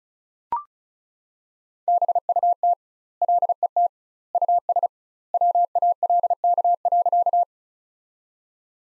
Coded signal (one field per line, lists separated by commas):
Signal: Morse code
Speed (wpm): 36 wpm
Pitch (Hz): 700 Hz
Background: none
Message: BUT LET US WALK.